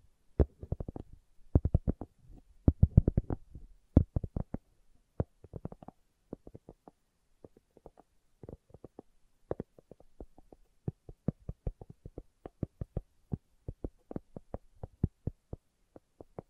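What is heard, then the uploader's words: Slow tapping: sharp, separate knocks with silence between, tightly clustered in the first few seconds, then spaced more evenly and steadily. ASMR Slow Tapping for Deep Sleep (No Talking).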